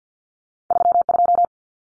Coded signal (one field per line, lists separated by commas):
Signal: Morse code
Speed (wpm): 50 wpm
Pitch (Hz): 700 Hz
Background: none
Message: 32